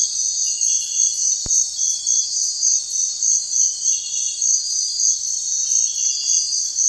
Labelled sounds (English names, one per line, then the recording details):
none
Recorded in secondary vegetation near Puerto Asís, Putumayo, Colombia, on 4 March 2025 at 05:30
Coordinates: 0.499, -76.323
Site G094